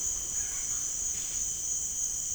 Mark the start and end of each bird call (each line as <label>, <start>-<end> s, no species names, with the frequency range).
bird call (0.2-3.1 kHz), 0.20-0.82 s